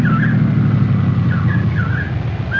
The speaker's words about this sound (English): Oh, hey, I hear a car coming. Oh, great, let's flag it down. Hey, over here. Oh, it's a state policeman.